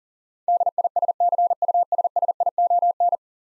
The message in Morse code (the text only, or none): DISCUSSION